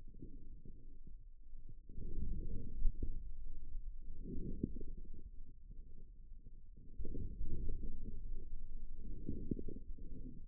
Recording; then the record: forearm muscle sounds (acoustic myography)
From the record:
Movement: inward rotation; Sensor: system 2, bracelet of six BSWA MPA416 microphones around the upper forearm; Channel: 1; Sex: male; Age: 22 years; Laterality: right